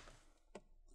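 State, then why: Seated. On an opened Lenovo Gaming L340 laptop, the gap at the hinge area is pinched closed to snap the plastic cover clips at the rear edge home. A single short, sharp click sounds at 0.6 s over a quiet background. The clip seats.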